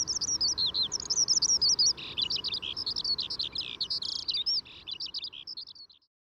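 Eurasian skylark singing rapid high warbles and buzzy bursts in a continuous stream that stops near the end, leaving silence.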